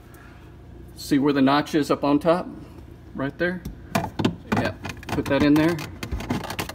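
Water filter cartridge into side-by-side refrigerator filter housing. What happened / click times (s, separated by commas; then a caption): The filter cartridge is being handled and positioned but has not yet latched / none. A new plastic water filter cartridge is handled and lined up at the filter housing of a Frigidaire side-by-side refrigerator while someone talks. Short plastic knocks and handling noises come around 4.0 s and from 6.0 to 6.8 s. The cartridge has not been pushed home, and nothing has seated or clicked yet.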